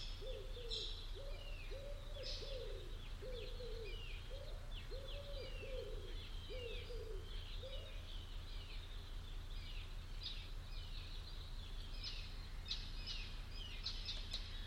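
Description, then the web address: Bird calls: a string of arched hooting notes over about eight seconds, with high chirps and whistles throughout and a steady low hum. "cianscape birddata Deverinetal 2025 File origin Bird Only"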